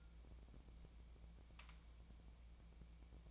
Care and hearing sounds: daily activity, microphone in the room; take from stove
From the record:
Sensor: 1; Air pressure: 1000.0 hPa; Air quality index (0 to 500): 132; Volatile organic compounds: 2 ppm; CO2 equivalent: 1259 ppm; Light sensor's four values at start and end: 40/103/43/53 and 40/102/43/53

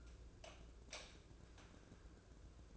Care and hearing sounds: daily activity, microphone in the room; light off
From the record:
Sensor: 2

